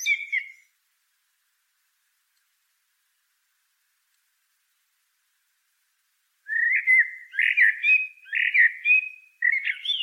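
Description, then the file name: Common blackbird singing: a short fluty phrase ends at the start, a long silence, then a run of rich whistled notes. "Turdus merula"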